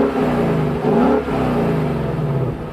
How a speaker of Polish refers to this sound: Jakiś ładny dźwięk silnika z jakiegoś klasycznego ośmiocylindrowego silnika typu tam Ford Mustang, no to te przepiękne, taki glukot, to jest ładna rzecz.